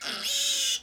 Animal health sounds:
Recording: pig call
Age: piglet (1 to 25 days)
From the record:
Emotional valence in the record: negative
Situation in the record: restrain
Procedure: sham castration, cut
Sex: male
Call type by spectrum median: high-frequency call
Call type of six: mixed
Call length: 0.83 s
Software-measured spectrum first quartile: 3266 Hz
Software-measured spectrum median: 4665 Hz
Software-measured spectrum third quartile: 6523 Hz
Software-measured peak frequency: 3808 Hz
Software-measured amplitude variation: 98 dB a second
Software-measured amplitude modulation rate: 20.6 a second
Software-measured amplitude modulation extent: 4.8 dB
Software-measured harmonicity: 1.0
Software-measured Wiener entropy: -1.64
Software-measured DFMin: 798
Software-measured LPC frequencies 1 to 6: 1551, 3145, 3718, 5182, 6692, 8145 Hz

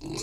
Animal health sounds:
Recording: pig call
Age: weaner (32 to 43 days)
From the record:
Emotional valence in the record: negative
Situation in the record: novel object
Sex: female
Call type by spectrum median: low-frequency call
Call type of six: mixed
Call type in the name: high-frequency modulated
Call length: 0.23 s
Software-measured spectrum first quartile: 306 Hz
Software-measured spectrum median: 1672 Hz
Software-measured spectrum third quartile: 5611 Hz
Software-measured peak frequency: 319 Hz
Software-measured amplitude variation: 111 dB a second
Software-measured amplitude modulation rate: 28.6 a second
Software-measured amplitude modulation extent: 3.9 dB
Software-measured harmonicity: 4.2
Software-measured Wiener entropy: -3.46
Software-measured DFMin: 739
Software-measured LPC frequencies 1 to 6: 353, 990, 2369, 2604, 4002, 4315 Hz

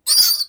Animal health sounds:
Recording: pig call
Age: piglet (1 to 25 days)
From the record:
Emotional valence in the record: negative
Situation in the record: restrain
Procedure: back test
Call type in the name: high-frequency call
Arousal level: maximum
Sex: female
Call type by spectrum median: high-frequency call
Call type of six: high-frequency stable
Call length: 0.49 s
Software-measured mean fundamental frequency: 312 Hz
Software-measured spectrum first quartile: 4823 Hz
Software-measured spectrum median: 6433 Hz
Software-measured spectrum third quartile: 11167 Hz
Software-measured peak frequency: 4896 Hz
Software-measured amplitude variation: 271 dB a second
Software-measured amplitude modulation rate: 16.4 a second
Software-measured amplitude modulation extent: 16.6 dB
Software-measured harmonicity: 10.2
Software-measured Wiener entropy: -3.69

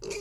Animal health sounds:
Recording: pig call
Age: weaner (32 to 43 days)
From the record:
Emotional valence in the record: negative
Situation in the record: short isolation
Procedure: open field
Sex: female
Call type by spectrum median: low-frequency call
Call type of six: high-frequency stable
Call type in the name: high-frequency stable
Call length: 0.20 s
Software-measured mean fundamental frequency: 206 Hz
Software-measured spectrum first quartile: 401 Hz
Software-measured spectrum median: 1333 Hz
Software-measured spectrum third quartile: 4521 Hz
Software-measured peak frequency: 405 Hz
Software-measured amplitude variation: 153 dB a second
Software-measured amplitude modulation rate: 21.9 a second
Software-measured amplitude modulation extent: 7.0 dB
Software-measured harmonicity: 5.7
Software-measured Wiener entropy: -3.54

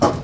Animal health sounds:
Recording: pig call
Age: growing-finishing pig (85 days or more)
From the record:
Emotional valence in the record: positive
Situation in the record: run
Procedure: transit

